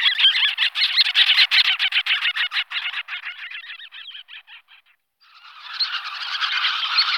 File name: Jespak pisecny Calidris alba